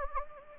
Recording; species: mosquito wingbeat signal from an infrared sensor; Anopheles gambiae